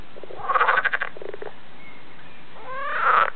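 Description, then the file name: Edible frog croaking: a pulsed, rattling burst, a few lower clicks, then a second buzzy, harmonic-rich croak near the end. "kecskebéka"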